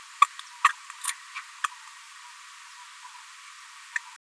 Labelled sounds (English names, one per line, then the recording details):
Green-rumped Parrotlet babbling
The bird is a female
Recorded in a nest box in Venezuela
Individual 17B73B2